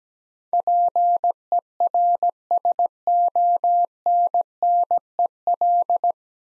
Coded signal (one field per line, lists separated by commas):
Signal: Morse code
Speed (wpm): 17 wpm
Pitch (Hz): 700 Hz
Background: none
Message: PERSONNEL